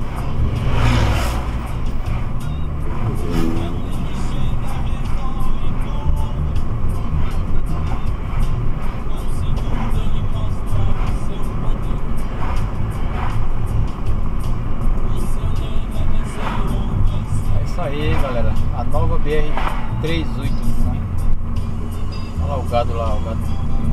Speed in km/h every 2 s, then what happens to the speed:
59, 61, 64, 64, 64, 64, 64, 57, 56, 54, 55, 55.
0-12 steady at about 64. 12-14 brakes to 57. 14-24 steady at about 55.